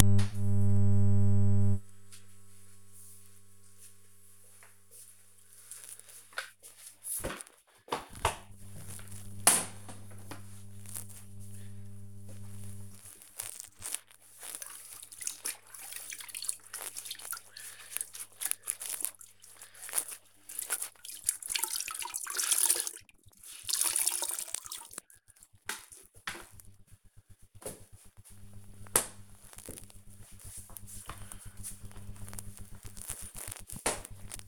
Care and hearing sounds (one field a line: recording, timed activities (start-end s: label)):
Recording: household activities, microphone on the right wrist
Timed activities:
7.21-34.48 s: floor cleaning